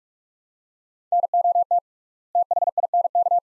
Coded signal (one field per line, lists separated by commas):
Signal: Morse code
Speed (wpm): 46 wpm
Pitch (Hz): 700 Hz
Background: none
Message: NOT THINK